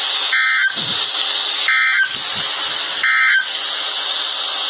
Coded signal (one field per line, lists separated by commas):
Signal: Emergency Alert System (SAME) tones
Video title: So Many Tornadoes and Severe Thunderstorms. (EAS 56-92) 3/31/23.